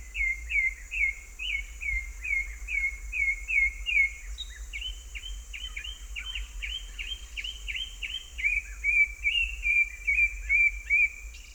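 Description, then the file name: African Thrush giving a continuous string of rapid, clipped notes that shift to a slightly higher, harsher pattern midway before returning, with a constant high-pitched insect drone behind. "African Thrush (Turdus pelios)"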